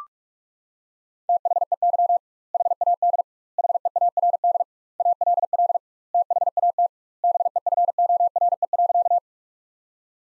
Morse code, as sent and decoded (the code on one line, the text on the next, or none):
- .... . -.-- / .... .- -.. / .... . .- .-. -.. / .- .-.. .-.. / - .... .- - / -... . ..-. --- .-. . .-.-.-
THEY HAD HEARD ALL THAT BEFORE.